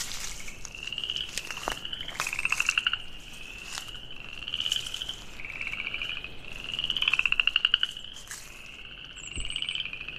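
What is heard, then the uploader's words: Frogs call in overlapping bright trills near a wetland forest in a river bend, pulsing every second or two over a faint steady hum. Field Recording: A Sonic Landscape of Moccasin Bend. Forests and wetlands tucked into a big bend of the Tennessee River in Chattanooga, Tennessee.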